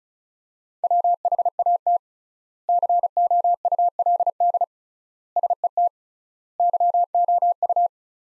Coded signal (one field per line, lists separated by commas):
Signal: Morse code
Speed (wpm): 34 wpm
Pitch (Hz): 700 Hz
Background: none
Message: WHAT COULD SET YOU